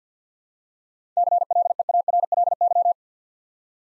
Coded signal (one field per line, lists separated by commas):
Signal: Morse code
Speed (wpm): 48 wpm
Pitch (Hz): 700 Hz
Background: none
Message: CLEARLY